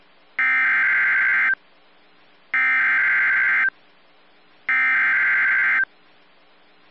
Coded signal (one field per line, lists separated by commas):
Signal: Emergency Alert System (SAME) tones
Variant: header bursts